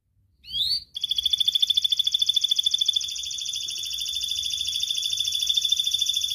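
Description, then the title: Canary song opening with a single sweeping note, then a long, rapid, rhythmic trill that holds steady for over five seconds. Kenari described as gacor (actively singing), with the best cengkok (song phrasing) and the most lavish isian (fill-in song); kicaumania songbird hobby context. "Kenari Gacor Cengkok Terbaik Isian Paling Mewah Kenarigacor Kicaumania Kenari"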